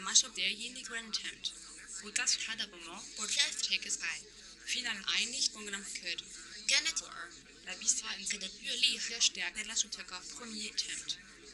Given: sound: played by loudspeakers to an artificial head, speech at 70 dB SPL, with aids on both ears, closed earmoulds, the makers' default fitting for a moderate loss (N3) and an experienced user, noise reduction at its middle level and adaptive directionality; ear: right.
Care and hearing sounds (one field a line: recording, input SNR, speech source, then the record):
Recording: speech test signal (ISTS) in cocktail-party noise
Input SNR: +3 dB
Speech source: on the right (90 degrees)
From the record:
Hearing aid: class 1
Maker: H